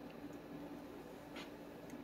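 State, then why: Not seated. A pinned plastic guide piece is being handled and fitted, pin up top, back into the tool carriage guide of a Graphtec FC8600 / Q Series vinyl cutter. A low steady hum runs throughout, with a brief soft rustle near 1.4 s. The clip ends before the piece goes home, so nothing has snapped or seated yet.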